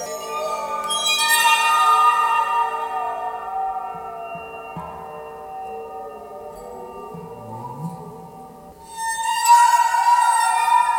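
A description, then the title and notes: Eerie ghost noises built from ringing, glassy tones that hang and shimmer, with bright sparkling overtones swelling near the start and again after nine seconds. Between them the ringing thins and lower wavering sounds drift and bend, giving an unsettled, hollow feel. Ghost Noises.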